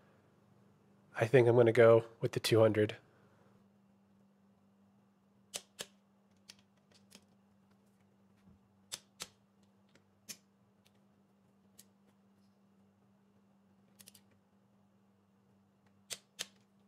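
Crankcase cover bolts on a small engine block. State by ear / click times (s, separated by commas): torque reached / 5.6 s, 5.8 s, 8.9 s, 9.2 s, 16.4 s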